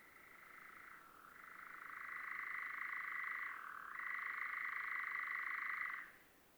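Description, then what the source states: European Nightjar churring song, a steady mechanical purr that drops briefly in pitch near one second and again near four seconds before stopping abruptly. Churring song of a nightjar newly arrived from Africa, perched on a south-facing Scots pine over nearly flowering broom; evening, 8 May 2020, La piste aux Espagnols, Drôme, France; Nagra LB, MKH40 stereo.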